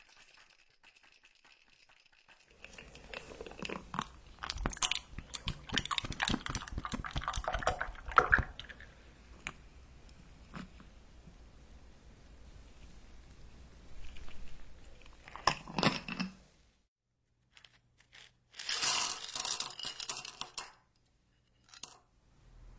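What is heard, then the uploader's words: Kitchen sounds from making matcha milk almond cookies and hazelnut cake: after a quiet opening, a dense run of rapid crinkling, tapping and clattering fills the first ten seconds. Quieter shuffling follows, then short bursts of crackling and rustling near 15 and 19 seconds. Make matcha milk almond cookies hazelnut cake.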